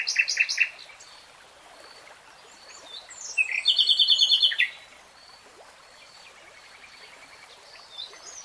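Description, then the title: Nightingale song: a loud chattering opening, a quiet gap, then a rapid even trill of ringing notes, and faint whistles afterwards. Singing in real time, not sped up or slowed. "[Tiếng chim hót] REALTIME Nightingale Singing"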